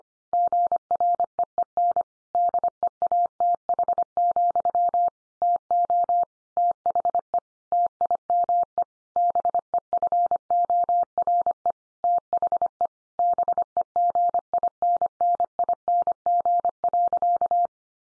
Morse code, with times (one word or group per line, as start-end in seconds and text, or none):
0.3-2.0 GREEN
2.4-5.1 DEATH,
5.4-6.2 TO
6.6-7.4 THE
7.7-8.8 TIME
9.2-11.7 BEFORE
12.0-12.9 THE
13.2-17.7 BEGINNING.